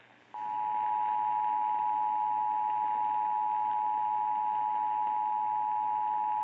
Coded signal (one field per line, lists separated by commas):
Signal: Emergency Alert System (SAME) tones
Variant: 853 and 960 Hz attention tone